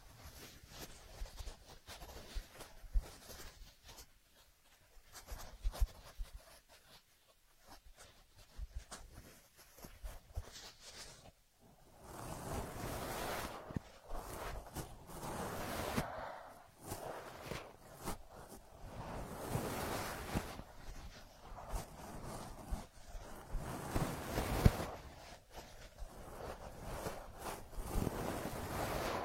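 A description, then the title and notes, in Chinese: Ear massage with no voice: the first ten seconds hold only faint, scattered crackles and taps. From about twelve seconds on, louder rubbing and swishing strokes take over, coming in dense, uneven waves like rushing surf, with brief pauses between passes. 姐姐无人声按摩耳朵（声控助眠）。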